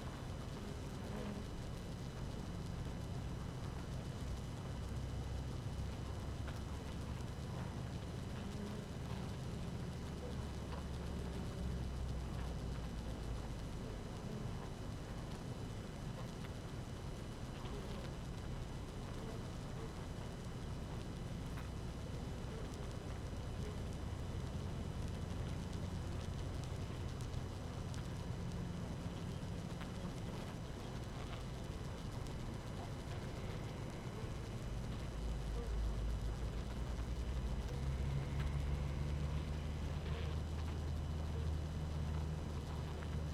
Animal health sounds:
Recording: honeybee colony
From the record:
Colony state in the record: active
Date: 12 June 2018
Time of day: 5:59

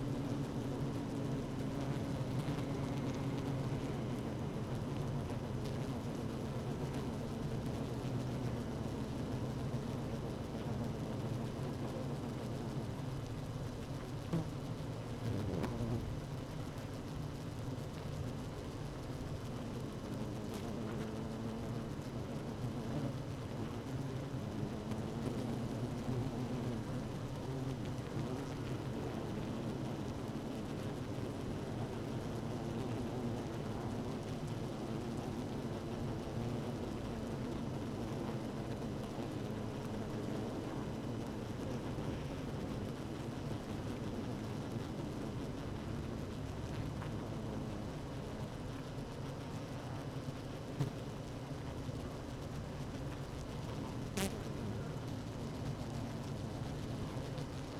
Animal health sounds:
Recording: honeybee colony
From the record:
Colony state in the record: active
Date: 12 June 2018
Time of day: 16:11

